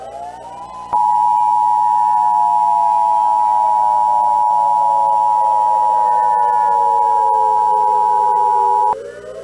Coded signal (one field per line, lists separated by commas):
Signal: Emergency Alert System (SAME) tones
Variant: 853 and 960 Hz attention tone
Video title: Dixdos EAS Scenario Orange Night (REUPLOAD)